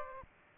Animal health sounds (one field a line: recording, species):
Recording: mosquito wingbeat signal from an infrared sensor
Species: Aedes aegypti